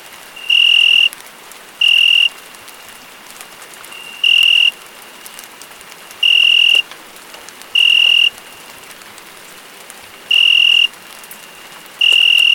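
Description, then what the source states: Cricket calls in bright, sustained high notes at uneven intervals, some close together, others after longer gaps, against faint falling rain. Crickets calling together with rain.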